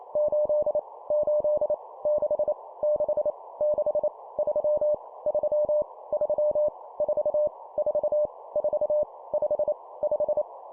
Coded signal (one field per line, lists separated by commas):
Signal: Morse code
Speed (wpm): 28 wpm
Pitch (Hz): 600 Hz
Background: none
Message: 8 8 6 6 6 3 3 3 4 4 4 5 5